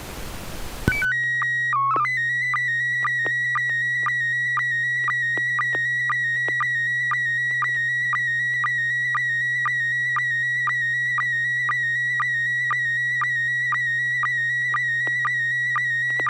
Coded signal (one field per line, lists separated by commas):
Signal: SSTV (slow-scan television)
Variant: PD 120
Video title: N6NA SSTV Net - 09/29/2021